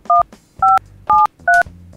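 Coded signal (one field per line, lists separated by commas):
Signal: DTMF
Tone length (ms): 180 ms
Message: 1573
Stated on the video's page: DTMF tones used to dial and interact with a Raspberry Pi telephone voice server playing a guessing game.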